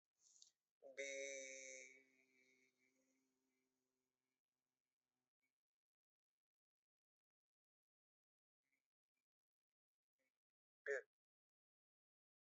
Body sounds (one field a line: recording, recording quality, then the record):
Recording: sustained vowel as in beet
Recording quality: poor, much background noise or distortion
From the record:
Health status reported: healthy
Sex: male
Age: 23 years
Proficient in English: yes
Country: India